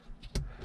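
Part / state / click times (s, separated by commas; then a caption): humidity sensor into windshield bracket / seated / 0.4 s. A humidity/condensation sensor on a 2015–2023 Dodge Charger/Chrysler 300 is pressed into its bracket on the inside of the new windshield glass. A sharp snap at 0.4 s marks it seating, followed by a softer tick near 0.7 s. The sensor is seated in the bracket.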